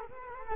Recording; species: mosquito wingbeat signal from an infrared sensor; Culex quinquefasciatus